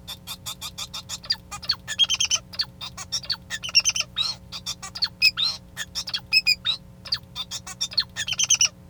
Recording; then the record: song of a male Bengalese finch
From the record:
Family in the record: son of father 2